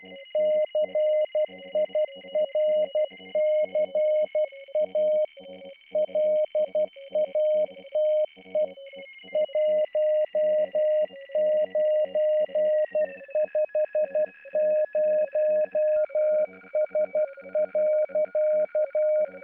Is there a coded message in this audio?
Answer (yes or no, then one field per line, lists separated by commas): yes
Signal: Morse code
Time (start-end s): 0.4-19.2 s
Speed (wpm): 12 wpm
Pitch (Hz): 610 Hz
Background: radio noise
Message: CIRCA LATE 1950S.